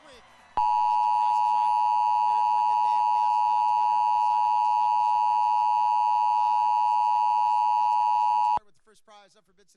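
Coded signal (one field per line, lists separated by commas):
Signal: Emergency Alert System (SAME) tones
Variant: 853 and 960 Hz attention tone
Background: speech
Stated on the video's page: Required monthly test for the Roanoke area recorded from three TV stations, plus a required weekly test on one of them.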